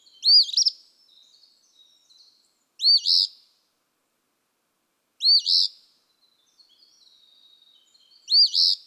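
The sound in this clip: Eastern phoebe: four burry two-note phrases from an Eastern phoebe spaced two to three seconds apart, with soft twittering in the gaps.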